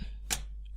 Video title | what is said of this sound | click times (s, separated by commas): monter son PC simplement et rapidement de A à Z OK2018 | c'est clipsé. | 0.3 s